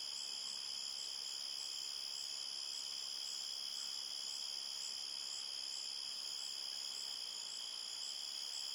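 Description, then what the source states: Crickets producing a shrill, steady chirping chorus, several pitches stacked and pulsing evenly throughout. Several crickets at night at a forest edge, chorus described as chirpy and steady.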